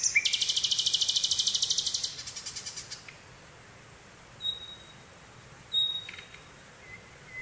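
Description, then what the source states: Birds singing: a loud rapid high trill for two seconds fading out, then a few thin whistled notes over steady background hiss. Birds singing in the morning.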